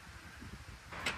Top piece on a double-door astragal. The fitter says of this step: And our top piece snaps into place.